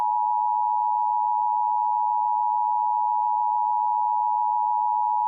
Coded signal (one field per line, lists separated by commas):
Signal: Emergency Alert System (SAME) tones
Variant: 853 and 960 Hz attention tone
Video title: EAS Severe Thunderstorm Watch on TBD (WUPA 69)